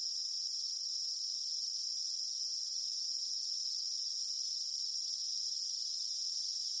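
Cicada song, a dense, unchanging, high-pitched electric buzz throughout.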